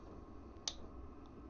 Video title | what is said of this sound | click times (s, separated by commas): I Thought The Engine Was DEAD… Then It Did THIS! | pulling it, you just gently and you should hear the click. | 0.7 s